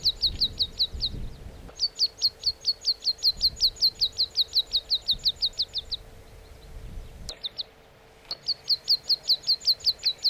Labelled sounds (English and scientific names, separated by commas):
Meadow Pipit (Anthus pratensis)